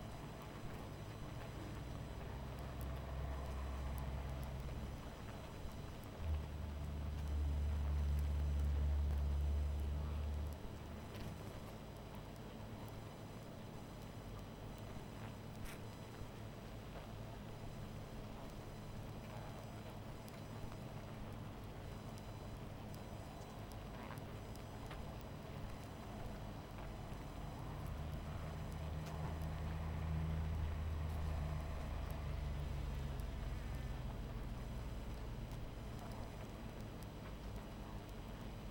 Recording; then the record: honeybee colony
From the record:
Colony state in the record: missing queen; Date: 14 July 2017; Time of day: 21:26